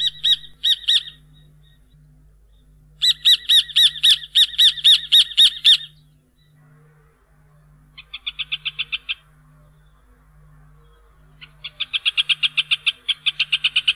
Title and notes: Museo de Ciencias de Bahía Blanca. Hornero (Furnarius rufus). ha sido elegido como el ave nacional de la Argentina